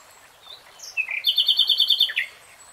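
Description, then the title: Nightingale song: a brief whistle sliding into a fast, rhythmic string of sharp repeated notes, ending with a downward slur. Nightingale singing, recorded in real time. "[Tiếng chim hót] 3 Hours REALTIME Nightingale Singing"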